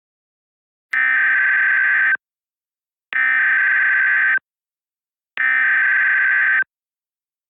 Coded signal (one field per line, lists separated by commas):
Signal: Emergency Alert System (SAME) tones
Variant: header bursts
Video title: IGNITION - WILDFIRE EAS SCENARIO